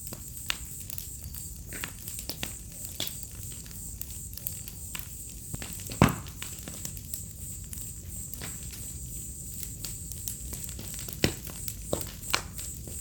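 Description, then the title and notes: A steady high cricket chorus hums throughout while a fire snaps and crackles, with a few louder pops. A symphony of crickets beside a crackling bonfire on an autumn night, in a village in the middle of Mata Atlântica rainforest; recorded in high quality at 48kHz. "Fogueira, grilos e estalar do fogo - Bonfire, crickets, firecrackling. Ouça ao estalar do fogo e uma sinfonia de grilos em uma noite de outono. Vila em meio a Mata Atlântica"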